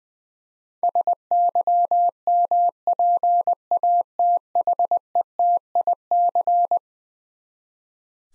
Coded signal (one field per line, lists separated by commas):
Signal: Morse code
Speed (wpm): 20 wpm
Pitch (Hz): 700 Hz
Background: none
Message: SYMPATHETIC